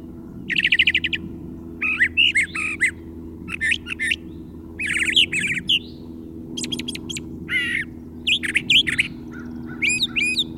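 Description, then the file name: Brown thrasher song made of varied repeated phrases, trilled rattles, slurred whistles and chirps, rhythmically paired, over a noticeable low rumbling hum. "suara-kicauan-brown-trasher omkicau"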